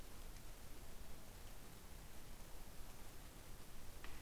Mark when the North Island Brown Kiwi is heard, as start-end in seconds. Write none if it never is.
none